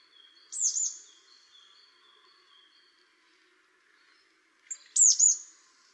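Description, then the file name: Marsh tit gives two bright, downslurred call bursts several seconds apart, with soft high whistles from other birds in between. "Poecile palustris"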